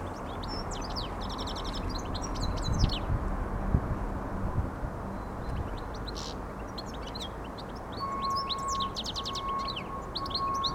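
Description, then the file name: European goldfinch song, quick twittering phrases with pauses between them, over low noise; a steady whistle-like tone appears near the end. "Carduelis carduelis"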